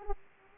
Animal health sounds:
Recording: mosquito wingbeat signal from an infrared sensor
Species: Aedes aegypti

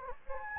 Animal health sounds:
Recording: mosquito wingbeat signal from an infrared sensor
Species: Anopheles gambiae

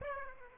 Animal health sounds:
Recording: mosquito wingbeat signal from an infrared sensor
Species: Aedes aegypti

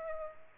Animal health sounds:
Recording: mosquito wingbeat signal from an infrared sensor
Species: Aedes aegypti

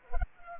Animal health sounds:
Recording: mosquito wingbeat signal from an infrared sensor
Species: Culex pipiens

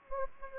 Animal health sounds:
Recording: mosquito wingbeat signal from an infrared sensor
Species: Anopheles gambiae

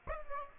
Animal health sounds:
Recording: mosquito wingbeat signal from an infrared sensor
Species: Aedes aegypti

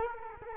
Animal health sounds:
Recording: mosquito wingbeat signal from an infrared sensor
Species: Culex quinquefasciatus

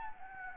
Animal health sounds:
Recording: mosquito wingbeat signal from an infrared sensor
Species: Anopheles gambiae

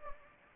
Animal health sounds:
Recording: mosquito wingbeat signal from an infrared sensor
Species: Anopheles gambiae

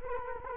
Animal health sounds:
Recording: mosquito wingbeat signal from an infrared sensor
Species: Culex quinquefasciatus

